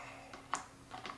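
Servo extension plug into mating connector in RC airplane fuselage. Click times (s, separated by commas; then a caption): 0.5 s. A wing servo lead connector is pushed into its mating servo extension plug, yellow to yellow and brown to brown, inside the fuselage of an E-flite Habu STS 70mm EDF trainer foam RC jet. A sharp positive click is heard at 0.5 s, followed by a softer tick at 1.1 s. The connectors are seated together.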